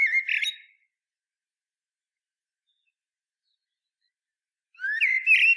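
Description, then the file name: Common blackbird fluting song fragments: a short whistled phrase ending at the start, then a long silence before another mellow rising warble begins. "Turdus merula"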